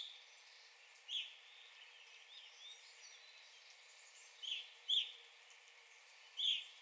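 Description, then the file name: Evening grosbeak giving a few short calls, singly and once in a quick pair. 9 April 2021. "2021-04-09 Evening Grosbeak"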